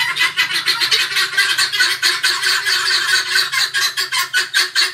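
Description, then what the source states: Helmeted guineafowl calling with continuous, rapid, rasping notes for several seconds, over a faint low hum. Calling the flock together.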